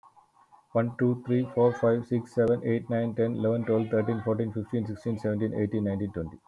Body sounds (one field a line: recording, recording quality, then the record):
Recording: counting at a fast pace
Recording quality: excellent, no background noise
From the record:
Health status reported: healthy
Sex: male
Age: 39 years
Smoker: no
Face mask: worn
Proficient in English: yes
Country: India